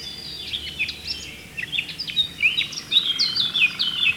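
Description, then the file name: Eurasian blackcap song: quick chattering warble notes that grow into brighter, louder whistled phrases near the end, with faint background noise. "Sylvia atricapilla"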